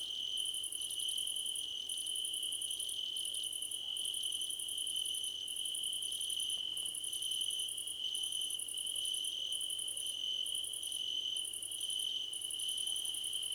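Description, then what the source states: Several crickets chirping together, a constant shrill trill beneath repeated bursts of rapid pulses with short pauses between. Crickets in a choir competition.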